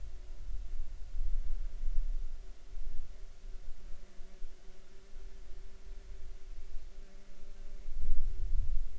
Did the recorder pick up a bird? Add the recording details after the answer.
no. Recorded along the Dempster Highway, Canada, on 24 August 2020 at 18:40. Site 14